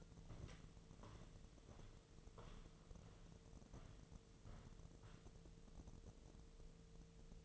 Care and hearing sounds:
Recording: daily activity, microphone in the room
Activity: walk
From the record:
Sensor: 4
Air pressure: 1006.3 hPa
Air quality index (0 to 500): 84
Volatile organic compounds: 2 ppm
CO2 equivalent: 1044 ppm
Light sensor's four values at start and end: 12/27/11/10 and 12/27/11/10

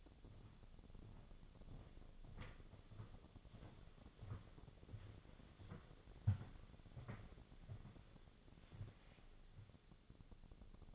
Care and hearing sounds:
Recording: daily activity, microphone in the room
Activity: walk to room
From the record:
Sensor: 4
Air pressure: 1000.8 hPa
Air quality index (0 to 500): 122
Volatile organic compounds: 1 ppm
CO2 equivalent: 923 ppm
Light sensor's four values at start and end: 50/123/52/57 and 44/109/46/51

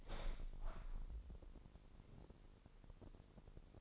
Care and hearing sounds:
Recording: daily activity, microphone in the room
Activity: open window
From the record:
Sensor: 5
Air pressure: 999.8 hPa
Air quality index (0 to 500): 245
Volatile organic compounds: 33 ppm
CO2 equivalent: 3012 ppm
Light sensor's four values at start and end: 34/80/32/31 and 35/80/32/31

